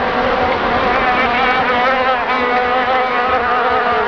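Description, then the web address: Insect buzz, an unbroken nasal droning with slight pitch wavers, holding steady from start to finish. "animali insetti insetti insect"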